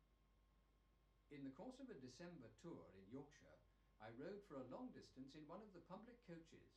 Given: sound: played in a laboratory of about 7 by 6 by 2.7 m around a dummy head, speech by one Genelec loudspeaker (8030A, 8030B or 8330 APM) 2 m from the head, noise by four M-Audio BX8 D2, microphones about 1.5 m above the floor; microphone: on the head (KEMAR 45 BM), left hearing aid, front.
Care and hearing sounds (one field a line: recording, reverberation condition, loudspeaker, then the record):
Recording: male speech in English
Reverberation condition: low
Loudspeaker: 150 degrees to the right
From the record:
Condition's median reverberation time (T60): about 310 ms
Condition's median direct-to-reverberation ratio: about 3.5 dB